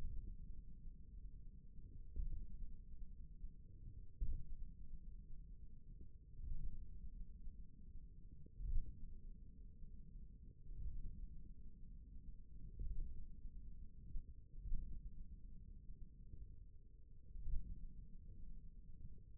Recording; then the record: forearm muscle sounds (acoustic myography)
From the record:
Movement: finger pinch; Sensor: system 1, eight BSWA MPA416 microphones around the upper forearm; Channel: 1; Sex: male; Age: 41 years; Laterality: right